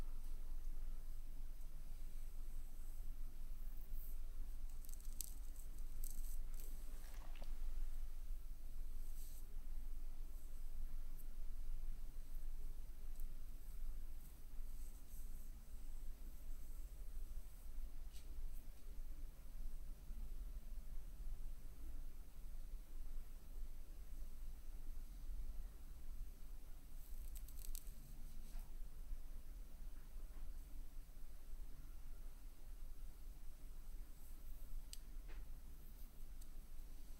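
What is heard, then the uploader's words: Soft brushing and feathery rustling sweep in brief bursts over a steady low hum, with faint occasional squishy touches. Light touch massage. Makeup brush, feathers.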